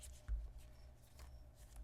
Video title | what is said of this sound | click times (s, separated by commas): Galaxy Z Fold 6 Official SAMSUNG Cases | And we'll just place this in the back of the phone, snap that into place, | 0.3 s